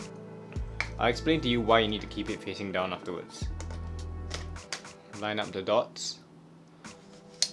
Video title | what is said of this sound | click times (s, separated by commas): Camera Basics for Absolute Beginners (Part 1) | twist until it clicks. | 7.4 s